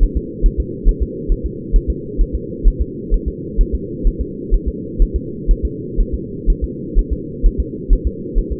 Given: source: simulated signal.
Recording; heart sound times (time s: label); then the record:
fetal heart sounds
0.03 s: S1
0.17 s: S2
0.46 s: S1
0.60 s: S2
0.89 s: S1
1.02 s: S2
1.32 s: S1
1.46 s: S2
1.76 s: S1
1.90 s: S2
2.21 s: S1
2.35 s: S2
2.68 s: S1
2.82 s: S2
3.14 s: S1
3.28 s: S2
3.61 s: S1
3.75 s: S2
4.07 s: S1
4.21 s: S2
4.54 s: S1
4.68 s: S2
5.02 s: S1
5.16 s: S2
5.51 s: S1
5.65 s: S2
6.00 s: S1
6.14 s: S2
6.50 s: S1
6.64 s: S2
6.99 s: S1
7.13 s: S2
7.46 s: S1
7.60 s: S2
7.93 s: S1
8.07 s: S2
8.38 s: S1
8.52 s: S2
From the record:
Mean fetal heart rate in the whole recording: 130 bpm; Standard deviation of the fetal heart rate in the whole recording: 4 bpm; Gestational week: 38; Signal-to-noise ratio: -4.1 dB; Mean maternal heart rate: no maternal heart sound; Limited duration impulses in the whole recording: absent